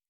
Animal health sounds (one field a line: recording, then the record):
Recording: hydrophone in a shrimp aquaculture tank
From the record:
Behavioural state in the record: normal